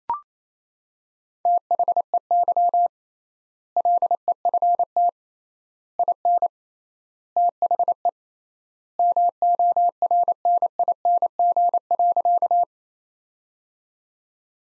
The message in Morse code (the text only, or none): THEY LEFT IN THE MORNING.